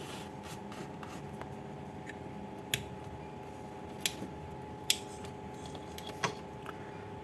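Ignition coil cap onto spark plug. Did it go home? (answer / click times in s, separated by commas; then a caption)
yes / 4.9 s. The rubber ignition coil cap is pushed down over a new NGK Iridium spark plug on a Honda Vario 150/125 scooter engine, with the body panels still in place. Over a steady low hum, several sharp ticks occur at about 2.7, 4.1, 4.9 and 6.2 s. The cap clicks home and seats onto the plug at 4.9 s.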